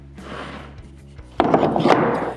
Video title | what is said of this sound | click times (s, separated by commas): The Router Bits - Making a Round Stool Seat Part III | that locks in place the next thing you'll notice are these two rails here they're just | 1.4 s